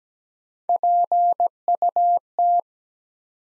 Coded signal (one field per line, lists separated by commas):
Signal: Morse code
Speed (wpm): 17 wpm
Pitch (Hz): 700 Hz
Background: none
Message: PUT